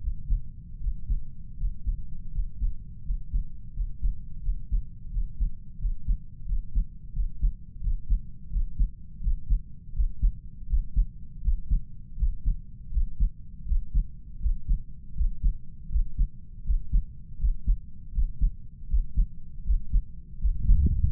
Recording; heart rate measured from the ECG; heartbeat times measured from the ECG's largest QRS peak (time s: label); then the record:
heart sounds by stethoscope; 82 bpm
0.00 s: heartbeat
0.80 s: heartbeat
1.56 s: heartbeat
2.31 s: heartbeat
3.03 s: heartbeat
3.73 s: heartbeat
4.41 s: heartbeat
5.10 s: heartbeat
5.78 s: heartbeat
6.45 s: heartbeat
7.12 s: heartbeat
7.80 s: heartbeat
8.49 s: heartbeat
9.20 s: heartbeat
9.93 s: heartbeat
10.66 s: heartbeat
11.41 s: heartbeat
12.16 s: heartbeat
12.90 s: heartbeat
13.65 s: heartbeat
14.39 s: heartbeat
15.14 s: heartbeat
15.89 s: heartbeat
16.63 s: heartbeat
17.38 s: heartbeat
18.11 s: heartbeat
18.87 s: heartbeat
19.63 s: heartbeat
20.38 s: heartbeat
21.10 s: heartbeat
From the record:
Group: healthy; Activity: Valsalva maneuver 0-20 s, rest 20-21 s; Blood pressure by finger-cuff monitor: 86/49 mmHg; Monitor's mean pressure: 61 mmHg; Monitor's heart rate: 81 bpm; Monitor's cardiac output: 7 L/min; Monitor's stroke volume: 86 mL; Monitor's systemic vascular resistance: 600 dyn s/cm5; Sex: female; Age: 32 years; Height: 168 cm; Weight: 61.9 kg